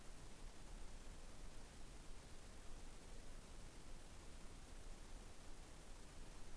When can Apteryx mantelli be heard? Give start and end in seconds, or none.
none